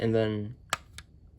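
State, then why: Seated. Someone talks briefly as a plastic model kit part, mounted on a small sliding section rather than a swivel, is pulled out and pushed up again on the kit body. A sharp plastic click at 0.7 s marks the part locking into position, followed by a fainter tick at 1.0 s. The part is seated in its locked position.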